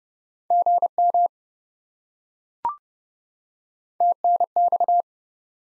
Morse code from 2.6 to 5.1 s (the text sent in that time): TNX